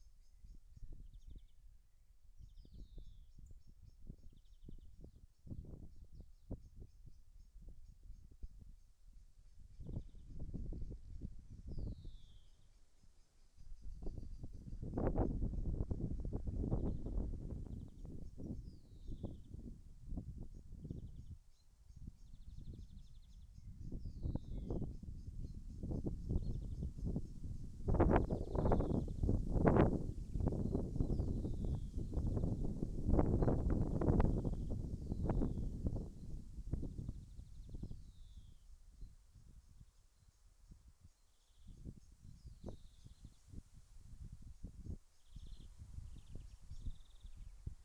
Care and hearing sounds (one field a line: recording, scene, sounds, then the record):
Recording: everyday scene through a hearing-aid microphone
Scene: wind on the microphone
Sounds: wind, birds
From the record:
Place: in front of a rural house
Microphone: behind the ear, left, rear